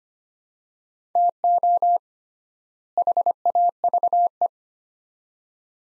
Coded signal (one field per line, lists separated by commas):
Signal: Morse code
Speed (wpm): 25 wpm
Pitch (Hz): 700 Hz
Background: none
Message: TO HAVE